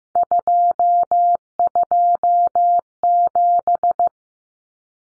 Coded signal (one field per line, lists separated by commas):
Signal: Morse code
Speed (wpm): 14 wpm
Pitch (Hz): 700 Hz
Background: none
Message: 227